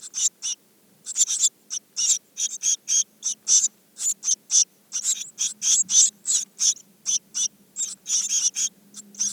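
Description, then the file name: Eurasian blue tit calls: a rapid stream of sharp, high, buzzy notes, several per second after a brief early pause, with a faint low hum. "Cyanistes caeruleus"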